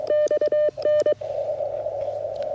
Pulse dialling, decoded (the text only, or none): none